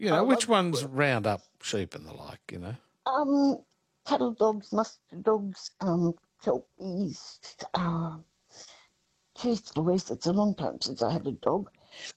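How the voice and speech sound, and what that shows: Halting speech from an adult woman with Parkinson's disease, with stretched sounds, long pauses and creaky, slurred words, fitting hypokinetic dysarthria; she has trouble getting the words out.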